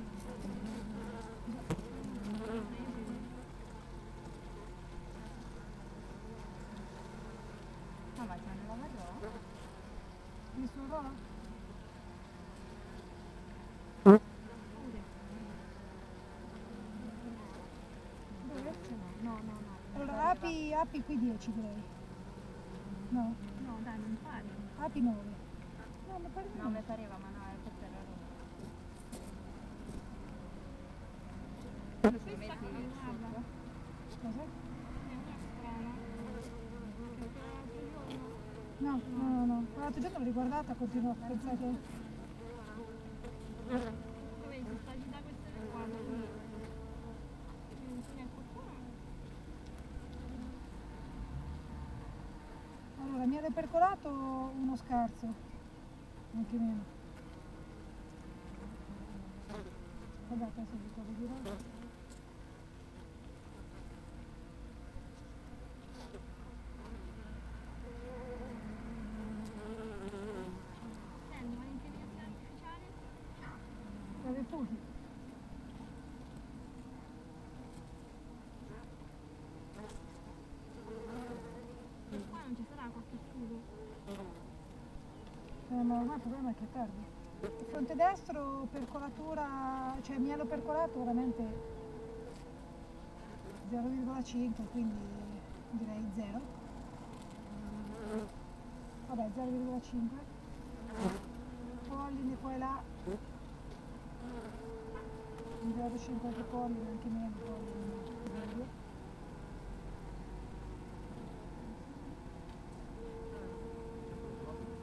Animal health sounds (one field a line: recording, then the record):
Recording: honeybee colony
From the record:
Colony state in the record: active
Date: 28 July 2017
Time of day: 8:03